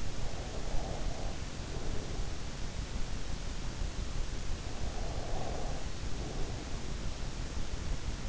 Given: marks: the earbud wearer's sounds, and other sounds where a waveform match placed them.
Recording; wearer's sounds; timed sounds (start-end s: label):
sounds in sleep by an in-ear microphone; breath
0.00-2.81 s: breath
4.52-7.17 s: breath